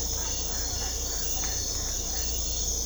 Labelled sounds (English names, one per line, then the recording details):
none
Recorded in secondary vegetation near Puerto Asís, Putumayo, Colombia, on 16 December 2024 at 22:30
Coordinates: 0.500, -76.326
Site G065